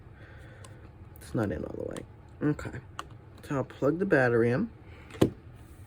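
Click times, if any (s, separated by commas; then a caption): 5.2 s. Someone talks while the flex cable connector of a replacement iPhone battery is pressed onto its socket on the phone's logic board. A short, sharp snap is heard at 5.2 s as the connector seats, and it is confirmed fully in and done correctly.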